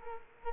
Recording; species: mosquito wingbeat signal from an infrared sensor; Culex quinquefasciatus